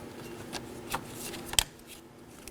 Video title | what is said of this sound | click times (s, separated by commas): How to Replace Thermostat with Housing Assembly 2018-2024 Chevrolet Equinox 1.5L L4 | So make sure you hear that click. Make sure it's secure. | 1.6 s